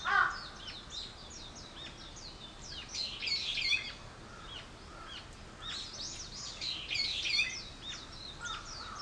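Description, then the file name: Bird chirping: several birds give overlapping high twittering notes in two busy bursts, with a lower note at the start. "wild bird"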